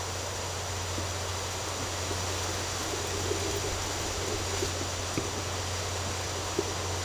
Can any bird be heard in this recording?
no